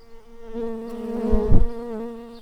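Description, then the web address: Early bumblebee buzz: a steady low droning hum with rich harmonics, swelling briefly louder midway before settling again. Workers. "Pratorum workers"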